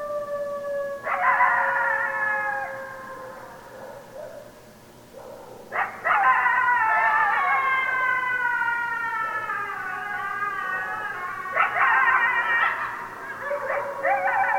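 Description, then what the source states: Coyotes howling in chorus, several overlapping wavering tones with rich harmonics, with a brief lull before the howling resumes. Several coyotes recorded on 16 December 2012.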